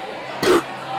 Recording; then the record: coughing mixed with background sound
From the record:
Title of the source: 60 coughing still (deep and wet cough)